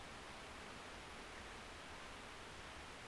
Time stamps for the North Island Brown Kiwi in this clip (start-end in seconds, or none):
none